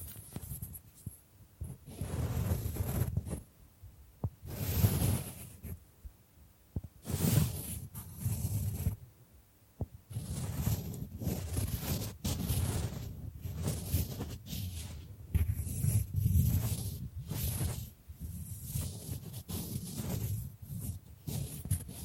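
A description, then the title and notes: Bamboo is tapped, scratched and brushed, with soft, low thuds and rustling strokes arriving in uneven bursts every second or two. Brighter scraping flares at several moments, while quiet gaps separate the denser passages throughout. ASMR Brain Tingling Bamboo Tapping, Scratching and Brushing Sounds for Sleep (No Talking).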